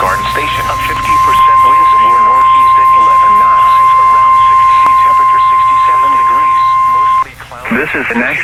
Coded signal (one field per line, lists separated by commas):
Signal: Emergency Alert System (SAME) tones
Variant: 1050 Hz attention tone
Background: speech